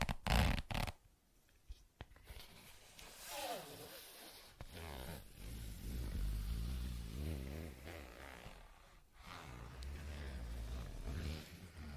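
A few sharp taps and clicks open the first two seconds, with another snap near the middle. After that, continuous scratching and rubbing fills the rest, with wavering low tones beneath and a quick rasping burst around nine seconds.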